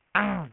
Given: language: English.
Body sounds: throat vibration sensor signal played as sound; throat clearing

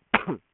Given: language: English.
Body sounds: throat vibration sensor signal played as sound; cough

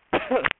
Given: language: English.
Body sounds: throat vibration sensor signal played as sound; cough

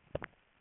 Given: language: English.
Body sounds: throat vibration sensor signal played as sound; swallow

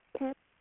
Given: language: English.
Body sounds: throat vibration sensor signal played as sound; speech

